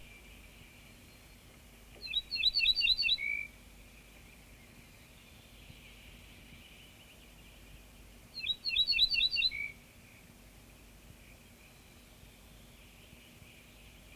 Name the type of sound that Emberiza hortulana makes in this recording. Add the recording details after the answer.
song. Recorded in the wild. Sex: male. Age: adult. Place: Schloß Holte-Stukenbrock, Senne, Nordrhein-Westfalen, DE. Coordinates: 51.8672, 8.66139. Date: 1965. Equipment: Uher 4000 Report-S, Bändchenmikro Beyer M 260, Parabolspiegel Polyester (470 mm). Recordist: Conrads, Klaus. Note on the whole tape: Düne nahe Hof Brock (Furlbach-Gebiet). Band 2B: Männchen: Gesang. Keine genaue Datumsangabe: Mai/Juni 1965